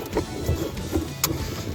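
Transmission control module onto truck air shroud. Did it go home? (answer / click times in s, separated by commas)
yes / 1.2 s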